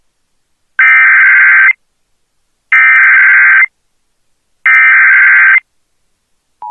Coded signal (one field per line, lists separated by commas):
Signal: Emergency Alert System (SAME) tones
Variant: header bursts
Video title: EAS San Bernardino, CA / Mojave, AZ Flash Flood Warning including Parker area 05-04-2025